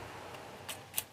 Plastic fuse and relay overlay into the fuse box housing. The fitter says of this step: and snap in place there's two sections so depending on which